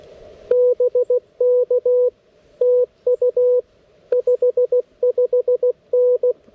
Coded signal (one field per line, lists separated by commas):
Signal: Morse code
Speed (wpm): 16 wpm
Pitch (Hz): 500 Hz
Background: radio noise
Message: BK TU 55N